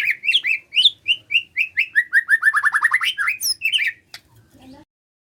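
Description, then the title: White-rumped shama song: a fast series of many repeated whistled notes, ending with a brief twitter and quiet. White-rumped shama whistling used as a lure to make lazy birds start singing. "PANCINGAN MURAI BATU. SIULAN MURAI BATU❗ PANCINGAN MURAI MALAS AGAR BUNYI❗❗"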